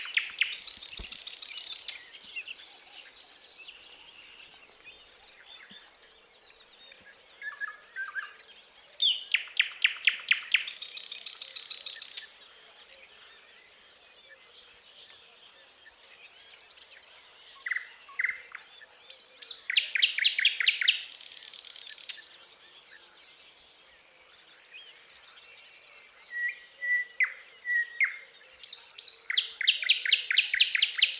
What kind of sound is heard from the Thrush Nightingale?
song